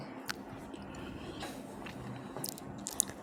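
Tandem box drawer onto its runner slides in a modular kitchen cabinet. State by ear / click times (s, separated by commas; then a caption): seated / 3.0 s. A kitchen tandem box drawer is set onto its metal runner slides in a modular kitchen cabinet and pushed in a little. Scattered light knocks and a cluster of short ticks near 2.5 s come before the sharpest click at 3.0 s. At that click the drawer locks onto its runners.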